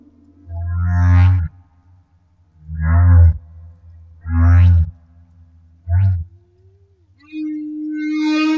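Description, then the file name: Humpback whale song: four low, rumbling moaned units with rising harmonic tops, followed by a steady drawn-out tonal note. Recorded off Madagascar. "Humpback Whale - Madagascar Whale One"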